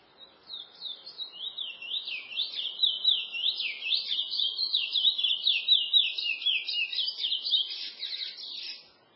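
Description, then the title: Chestnut-bellied seed finch singing a long, rapid run of high zigzagging warbled notes, steady and loud, fading out at the end. "Canto De Curio"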